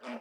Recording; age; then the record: pig call; piglet (1 to 25 days)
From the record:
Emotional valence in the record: negative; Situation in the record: restrain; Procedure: in the arms of a person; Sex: female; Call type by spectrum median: low-frequency call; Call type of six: low-frequency stable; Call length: 0.20 s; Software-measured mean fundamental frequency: 49 Hz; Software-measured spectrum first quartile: 364 Hz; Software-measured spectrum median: 684 Hz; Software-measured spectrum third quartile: 1579 Hz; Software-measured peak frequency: 614 Hz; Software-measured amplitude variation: 103 dB a second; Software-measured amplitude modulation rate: 12.2 a second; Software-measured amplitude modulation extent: 8.4 dB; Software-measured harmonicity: 0.4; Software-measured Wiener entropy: -0.71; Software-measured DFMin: 582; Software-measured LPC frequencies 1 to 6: 564, 2322, 4939, 5837, 7145, 8159 Hz